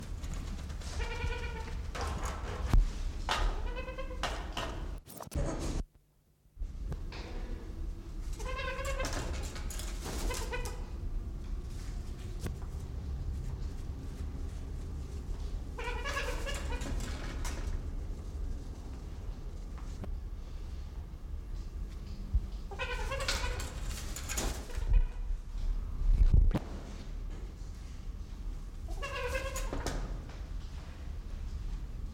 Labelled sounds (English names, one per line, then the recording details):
Trumpeter Hornbill
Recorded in captivity
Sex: female
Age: adult
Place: Zoo Berlin, Berlin, DE
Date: 1992-12-25 11:47
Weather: heiter, -7°C
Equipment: Marantz CP 430, Sennheiser ME 80, Kopie Uher Variocord 263
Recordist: Tembrock, Günter
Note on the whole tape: Lautfolgen von Weibchen, ca. 1,5 m